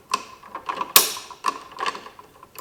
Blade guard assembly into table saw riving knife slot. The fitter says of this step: I believe that is now locked into place, and it just sits like that.